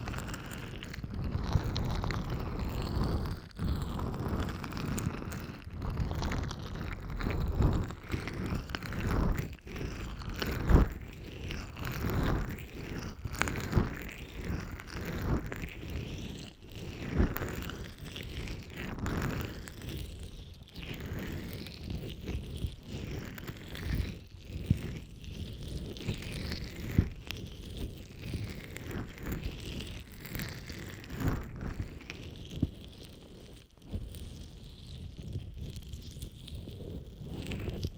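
Ear massage with scrubbing, rubbing and stroking, a dense, continuous run of rough, crackly friction that stays mostly low and muffled. Brief louder bursts and tapping-like hits recur every second or so, with a softer, smoother stretch near the end.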